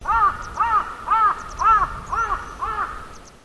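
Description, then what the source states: Crow giving a series of six harsh, hoarse caws, repeated roughly every half second and fading slightly toward the end. Crow call recorded close by.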